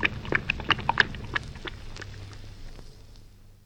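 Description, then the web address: Dog lapping water in a brief burst of wet clicking laps during the first second and a half, then fading to a few faint splashes and quiet. Dog of unknown breed lapping water. "Sound Effects-BBC Dog"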